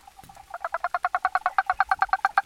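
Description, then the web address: Frog call: a fast rattling train of pulsed croaks, about ten per second, running steadily to the end after a few softer starting notes. Recorded on 11 April 2015. "frog rec 150411"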